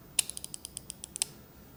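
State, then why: Seated. A fixed-dose plastic injector pen is pushed to the end of its injection as the plunger reaches its end stop, giving a run of quick ratchet-like ticks from about 0.2 s onward. A sharp click comes at 1.2 s and a loud final click at 1.2 s, confirming the dose has finished and the pen has seated. The reason given is that it is the same device as the FlexTouch pen.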